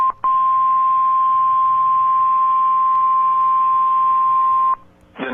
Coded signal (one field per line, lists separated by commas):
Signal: Emergency Alert System (SAME) tones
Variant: 1050 Hz attention tone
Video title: EAS Alerts #203-208: Apr 27, 2024 - Oklahoma Severe Weather Event